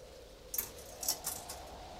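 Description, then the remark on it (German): Coins dropping into a payphone slot: a few bright metallic clinks and rattles, in about three quick bursts over a steady low electrical hum, with no voices. “Du später, mein Kleingeld ist gleich zu Ende. Warte.”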